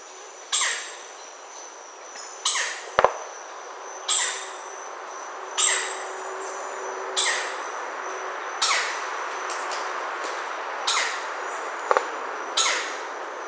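Red-necked Woodpecker giving loud, rasping calls roughly every one and a half to two seconds, with a couple of sharp knocks between them.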